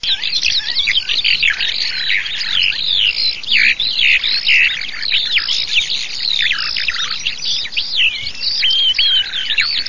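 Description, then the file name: Eurasian skylark singing a long, unbroken stream of rapid chirps, trills and slurred whistles, high-pitched and fluttering without pause. "ALLODOLACIP"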